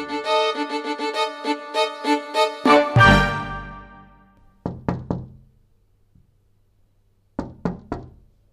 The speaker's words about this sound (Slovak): Až raz sa ozvalo tiché zaklopanie a milé hlásky vonku za dvierkami zaprosili.